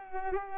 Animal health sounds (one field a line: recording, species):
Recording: mosquito wingbeat signal from an infrared sensor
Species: Culex pipiens